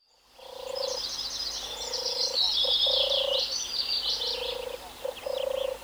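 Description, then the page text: European turtle dove song: steady low churring purrs in several phrases, under a dense layer of high, scratchy birdsong. Cooing male. "European Turtle Dove (Streptopelia turtur). Koerende zomertortel"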